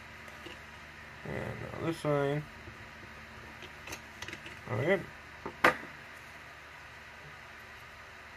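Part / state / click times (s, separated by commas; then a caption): plastic model part into its mating socket on a miniature / partly seated / 5.7 s. A plastic miniature kit part is pressed into its mating socket on a miniature while someone talks, and a sharp tap is heard at 5.7 s. The part is not fully seated.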